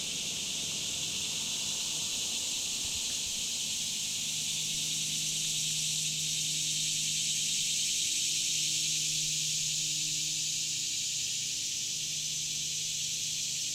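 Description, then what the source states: Insects buzzing together in a constant high chorus, with a low hum below. Summer insect chorus recorded in July 2017 in Shawnee National Forest.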